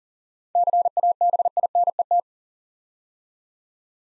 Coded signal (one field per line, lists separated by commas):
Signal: Morse code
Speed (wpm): 42 wpm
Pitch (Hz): 700 Hz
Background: none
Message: CABINET